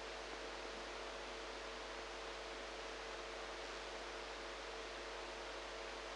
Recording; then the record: brain microelectrode recording played as sound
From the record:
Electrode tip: outside the subthalamic nucleus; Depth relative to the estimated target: 3 mm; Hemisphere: right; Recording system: NeuroSet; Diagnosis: Parkinson's disease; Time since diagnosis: 8 years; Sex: female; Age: 45 years